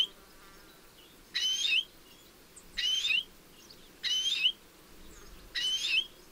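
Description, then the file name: European greenfinch giving four short, slightly twisting calls at fairly regular intervals against soft background hiss. "Chloris chloris"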